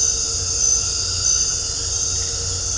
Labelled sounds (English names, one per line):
none